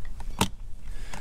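After the Givi hard case is refitted to the back of a Harley Davidson motorcycle and opened, its lid latch is pushed closed, giving one sharp, bright click at 0.4 s over a steady low rumble, with fainter ticks around 0.1, 0.2 and 1.1 s. The latch clicks shut and the case is seated.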